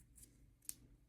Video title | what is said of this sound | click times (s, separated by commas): Titanium Apple Watch Series 10 Unboxing: Slate with Milanese Loop! | Clicks into place. | 0.7 s